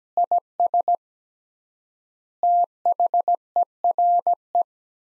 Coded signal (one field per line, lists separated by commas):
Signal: Morse code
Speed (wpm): 17 wpm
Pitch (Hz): 700 Hz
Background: none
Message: IS THERE